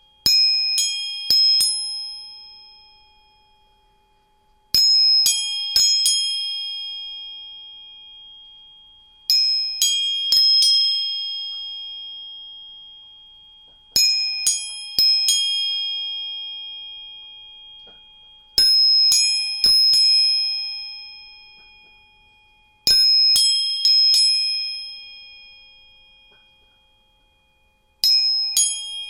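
Three tuning forks are struck in quick succession about every four to five seconds, each bright, pure ring sustaining and slowly fading.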